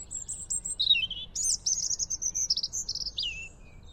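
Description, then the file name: European robin song: very high sweet notes and quick descending twitters run into a fast glittering series of high pulses ending in a downward slur. "Erithacus rubecula"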